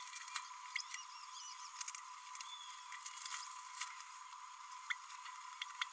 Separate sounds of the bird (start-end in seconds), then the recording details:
0.76-0.78, 4.90-4.93, 5.81-5.84. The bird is a male. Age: 29 days. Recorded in a nest box in Venezuela. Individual 17B32A6